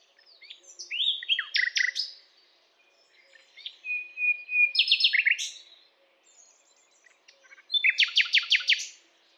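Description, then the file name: Common nightingale song in three bursts: clipped chirps and a brief pure whistle, then strings of rapid, emphatic repeated notes, with quiet gaps between phrases and a faint background hum. "Luscinia megarhynchos"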